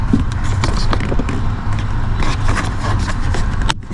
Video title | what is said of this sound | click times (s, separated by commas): Clean Your Air for Less Than $20 I How To I Toyota Corolla 09-18 Cabin Filter Replacement I DIY | Push it in, it just clicks inside. | 3.7 s